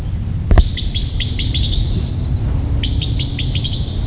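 Magpie calls: bursts of quick, harsh, downward-sliding chattering notes in two runs, with a low rumbling background noise and a single loud knock early on.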